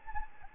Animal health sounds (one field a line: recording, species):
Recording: mosquito wingbeat signal from an infrared sensor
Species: Anopheles gambiae